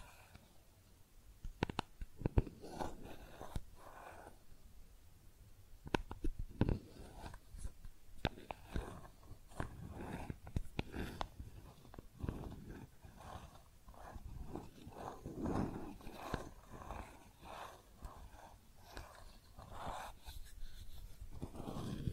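Makeup tapping and scratching sounds: dense, irregular taps and short scrapes follow one another nearly nonstop. Sharp clicks stand out, especially around two seconds in, over a soft, low rustle that swells and fades throughout.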